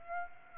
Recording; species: mosquito wingbeat signal from an infrared sensor; Aedes aegypti